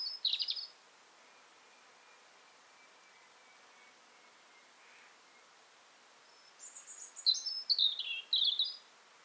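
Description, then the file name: European robin giving a short high phrase, then a long pause with a faint thin tone, followed by a richer run of high whistles sliding downward and quick twittering notes. "Erithacus rubecula"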